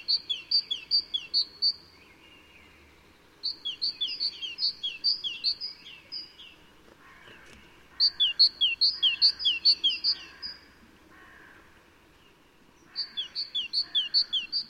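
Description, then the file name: Great tit calls: bursts of bright, high double notes, each burst a few seconds long, returning after pauses over a faint hiss. "Parus major"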